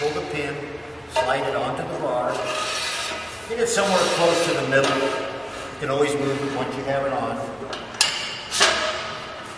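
Someone talks while pulling the spring-loaded locking pin on an extended motorcycle wheel chock and sliding the chock along a metal rack bar toward the middle, with scraping and clanking handling noise and a sharp knock near 8.0 s. Nothing has seated or clicked yet; the pin has not locked into the bar.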